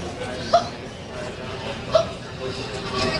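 Two sharp, squeaky hiccups about 1.4 seconds apart rise abruptly above a hollow, echoing background hum in the TIA terminal, from a 15-year-old girl. This is persistent hiccups (singultus), uncontrollable for 37 days, with chest, abdominal, throat and back pain: repeated involuntary spasms of the diaphragm, each cut off by sudden closure of the vocal cords.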